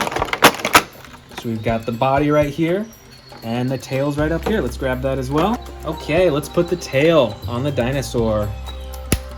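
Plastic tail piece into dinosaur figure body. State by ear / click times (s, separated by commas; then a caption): seated / 9.1 s. A plastic tail piece is pushed onto the body socket of a dinosaur action figure while someone talks and music plays underneath. At 9.1 s a short, sharp click sounds as the tail seats into the body.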